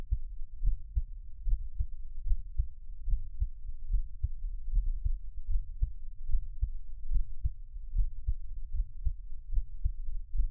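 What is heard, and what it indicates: Steady, soft low thumps in paired beats at about 73 a minute: an adult's own heartbeat heard close up for Taiwanese ASMR, with no talking.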